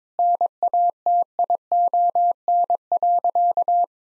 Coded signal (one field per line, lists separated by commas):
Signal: Morse code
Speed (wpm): 22 wpm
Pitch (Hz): 700 Hz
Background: none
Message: NATION.